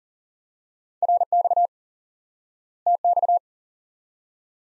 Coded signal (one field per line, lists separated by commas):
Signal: Morse code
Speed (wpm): 40 wpm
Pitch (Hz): 700 Hz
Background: none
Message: RX TX